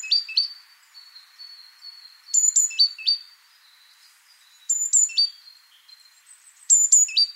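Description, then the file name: Great tit calls: bright, high notes in short two- and three-note bursts, with thin sustained whistles drifting between them in a quiet background. "Parus major"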